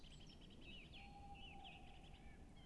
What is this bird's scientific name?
Strix aluco